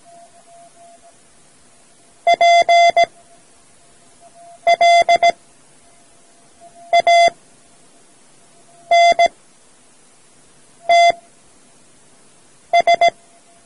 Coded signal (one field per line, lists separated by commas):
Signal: Morse code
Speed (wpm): 17 wpm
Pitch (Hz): 690 Hz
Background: none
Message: PLANTS